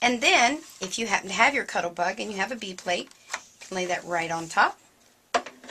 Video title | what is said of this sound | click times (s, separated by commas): Spellbinders, Heartfelt & the Grand Calibur | Oh, my little tray didn't click. | none